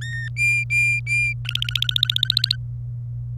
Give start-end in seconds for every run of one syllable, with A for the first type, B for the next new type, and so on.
0.01-0.28 A, 0.36-1.33 B, 1.45-2.56 C